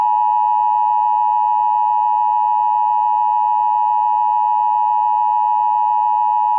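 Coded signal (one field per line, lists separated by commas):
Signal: Emergency Alert System (SAME) tones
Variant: 853 and 960 Hz attention tone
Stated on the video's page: Real EAS alerts received during a tornado outbreak.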